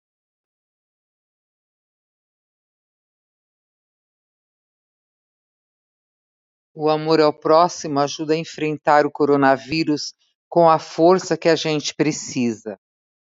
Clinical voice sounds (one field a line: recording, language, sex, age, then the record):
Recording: spoken sentence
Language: Brazilian Portuguese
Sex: female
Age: 60 to 69 years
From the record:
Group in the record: control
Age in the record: 63 years